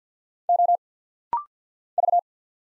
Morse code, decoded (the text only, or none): O V